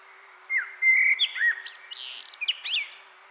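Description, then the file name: Common blackbird phrase: sliding whistled notes followed by a rapid run of thin, squeaky high chirps, all within about three seconds. "Turdus merula"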